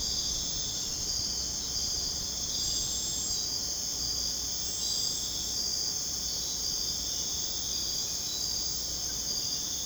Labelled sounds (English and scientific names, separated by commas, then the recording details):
none
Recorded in dense forest near Puerto Asís, Putumayo, Colombia, on 22 June 2025 at 01:30
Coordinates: 0.486, -76.317
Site G065